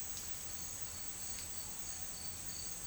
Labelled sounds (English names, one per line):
none